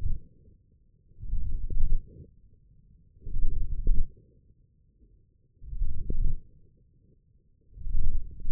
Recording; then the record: forearm muscle sounds (acoustic myography)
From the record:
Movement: radial deviation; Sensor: system 1, eight BSWA MPA416 microphones around the upper forearm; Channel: 5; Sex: male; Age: 20 years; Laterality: left